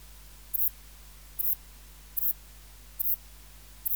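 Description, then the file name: Saddle-backed bush-cricket song: short, high, hissing chirps repeated evenly over a steady low hum. "Ephippiger cruciger"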